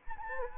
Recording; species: mosquito wingbeat signal from an infrared sensor; Anopheles arabiensis